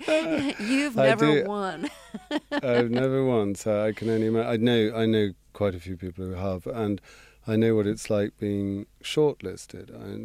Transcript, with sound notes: You've never won.
(LAUGHTER)
I've never won. So I can only - I know quite a few people who have, and I know what it's like being short-listed,